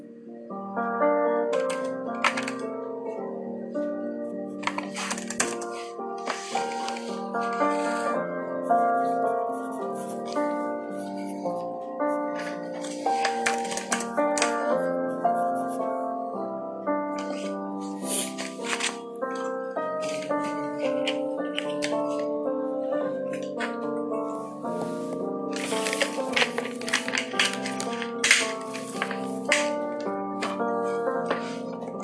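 Soft piano music plays throughout, a gentle run of sustained notes sitting in the low and middle range. Over it come crisp tapping and scratching sounds from typing and pencil work, arriving in short irregular bursts every few seconds, busiest near the end.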